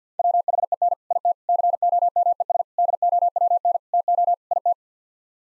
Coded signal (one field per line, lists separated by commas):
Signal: Morse code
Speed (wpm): 50 wpm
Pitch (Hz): 700 Hz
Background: none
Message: WHEN IT COMES DOWN TO IT